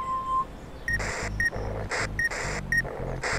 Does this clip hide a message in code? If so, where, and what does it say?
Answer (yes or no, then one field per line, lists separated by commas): no